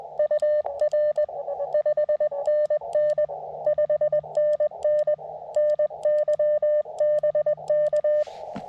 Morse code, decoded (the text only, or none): UR 5NN 5NN NY BK